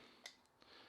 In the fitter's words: when you put it back in you'll feel it sort of click into place